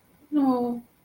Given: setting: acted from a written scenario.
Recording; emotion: vocal sound without words; sadness